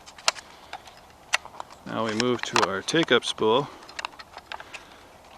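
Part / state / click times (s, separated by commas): roll film spool into medium format camera spool chamber / seated / 0.3 s, 1.3 s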